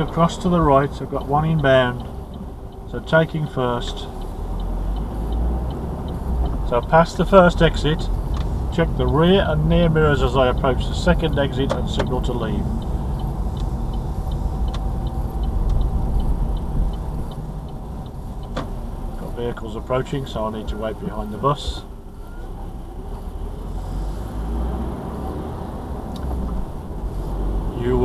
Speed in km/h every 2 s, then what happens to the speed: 15, 6, 10, 15, 18, 19, 18, 19, 19, 15, 8, 8, 15, 19.
0-3 slows to 6. 3-8 speeds up to 18. 8-16 steady at about 19. 16-19 brakes to 8. 22-28 speeds up to 19.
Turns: 7-14.